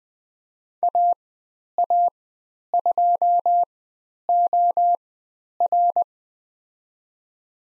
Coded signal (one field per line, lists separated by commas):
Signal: Morse code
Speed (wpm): 20 wpm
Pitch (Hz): 700 Hz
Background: none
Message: AA2OR